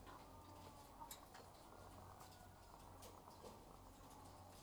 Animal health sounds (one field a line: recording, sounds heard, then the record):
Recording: poultry house recording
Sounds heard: sick chickens (respiratory disease)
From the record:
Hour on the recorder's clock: 11